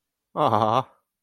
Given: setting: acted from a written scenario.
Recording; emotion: vocal sound without words; adoration